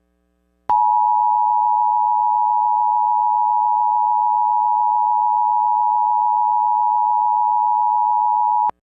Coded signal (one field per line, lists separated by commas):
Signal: Emergency Alert System (SAME) tones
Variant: 853 and 960 Hz attention tone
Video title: EAS MOCK 2: Tornado Warning for: Clark and Marathon WI.